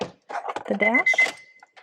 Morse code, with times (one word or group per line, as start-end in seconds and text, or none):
none